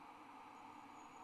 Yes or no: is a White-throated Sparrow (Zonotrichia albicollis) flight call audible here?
no